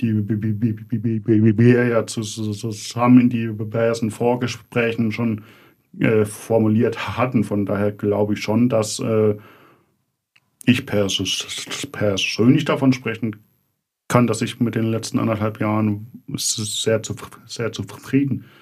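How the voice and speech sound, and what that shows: Adult German-speaking man with stuttering: stretched sounds, part-word repeats and restarts among fluent phrases and fillers.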